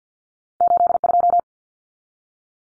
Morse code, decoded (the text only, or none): 82